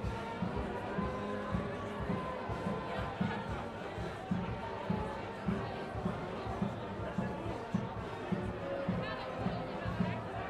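A traditional goose riding ceremony in Belgium, with a dense crowd murmuring and talking steadily throughout. Short low thumps recur roughly every half second to second, over a constant wash of overlapping voices, with a few brief brighter calls standing out.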